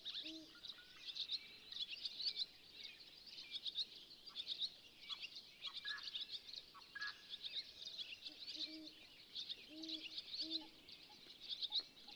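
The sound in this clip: Birds singing in a dense chorus of high, rapid chirps and trills, with a few lower hooting notes at the start and around nine to eleven seconds, over soft background noise.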